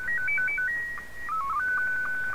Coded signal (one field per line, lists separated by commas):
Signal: SSTV (slow-scan television)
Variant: Scottie 2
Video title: Recap of Pirate Radio Activity 2 September 2022